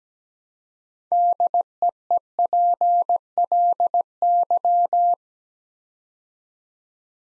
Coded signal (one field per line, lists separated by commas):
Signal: Morse code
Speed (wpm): 17 wpm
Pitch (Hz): 700 Hz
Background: none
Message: DEEPLY